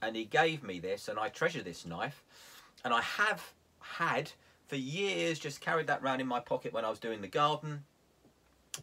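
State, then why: Seated. Someone talks for most of the clip, then the blade of a grandfather's folding lock knife is opened until its lock engages. A single sharp metal click is heard at 8.7 seconds as the blade locks open into the handle's lock mechanism.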